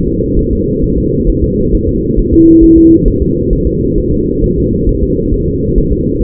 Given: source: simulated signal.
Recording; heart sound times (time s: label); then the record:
fetal heart sounds
0.08 s: S2
0.39 s: S1
0.53 s: S2
0.84 s: S1
0.98 s: S2
1.30 s: S1
1.44 s: S2
1.75 s: S1
1.89 s: S2
2.19 s: S1
2.34 s: S2
2.64 s: S1
2.78 s: S2
3.08 s: S1
3.22 s: S2
3.53 s: S1
3.67 s: S2
3.98 s: S1
4.12 s: S2
4.44 s: S1
4.58 s: S2
4.89 s: S1
5.03 s: S2
5.34 s: S1
5.48 s: S2
5.78 s: S1
5.93 s: S2
6.22 s: S1
From the record:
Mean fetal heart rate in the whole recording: 135 bpm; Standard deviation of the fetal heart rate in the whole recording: 3 bpm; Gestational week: 36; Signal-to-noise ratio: -10.2 dB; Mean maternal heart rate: 72 bpm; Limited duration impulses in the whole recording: present